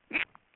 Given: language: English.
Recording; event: throat vibration sensor signal played as sound; swallow